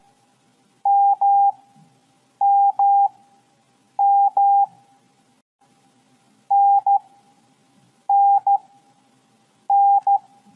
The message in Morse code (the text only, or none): MMM NNN